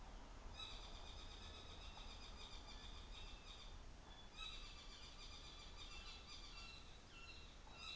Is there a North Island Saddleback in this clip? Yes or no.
yes